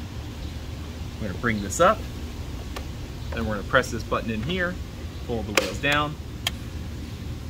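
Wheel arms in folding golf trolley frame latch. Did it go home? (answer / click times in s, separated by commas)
yes / 6.5 s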